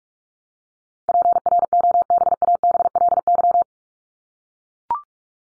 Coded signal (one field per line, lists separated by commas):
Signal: Morse code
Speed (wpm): 44 wpm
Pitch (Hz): 700 Hz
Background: none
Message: PROBABLY